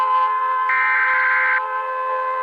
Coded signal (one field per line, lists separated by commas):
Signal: Emergency Alert System (SAME) tones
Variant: header bursts